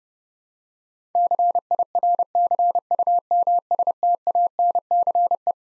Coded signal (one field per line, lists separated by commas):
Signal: Morse code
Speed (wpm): 30 wpm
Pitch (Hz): 700 Hz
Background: none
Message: CIRCUMSTANCE